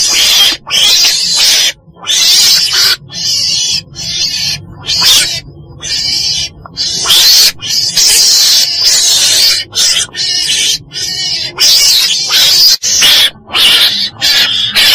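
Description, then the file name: Weasel screaming repeatedly in harsh, noisy bursts, a long irregular sequence of raspy calls with brief pauses. Black weasel (chồn đen) calling. "tieng chon den keu"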